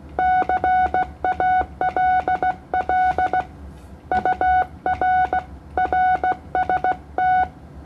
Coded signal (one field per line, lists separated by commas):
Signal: Morse code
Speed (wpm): 16 wpm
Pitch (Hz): 740 Hz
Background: none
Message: CALL UR RST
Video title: CW 15m Band Indonesia ke Philipina 20 watt